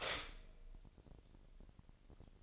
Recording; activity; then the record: daily activity, microphone in the room; stop toaster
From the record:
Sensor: 5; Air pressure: 1007.2 hPa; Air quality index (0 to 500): 126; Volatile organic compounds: 1 ppm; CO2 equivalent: 956 ppm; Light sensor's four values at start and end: 25/58/24/24 and 25/58/24/24